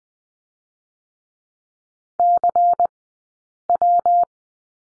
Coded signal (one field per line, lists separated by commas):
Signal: Morse code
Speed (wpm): 20 wpm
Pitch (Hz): 700 Hz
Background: none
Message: CW